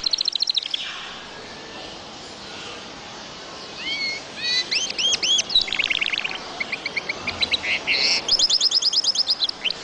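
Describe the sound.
Bird song mixing arched, looping whistles, scratchy chatter and rapid high trills, delivered in bursts with short pauses between phrases.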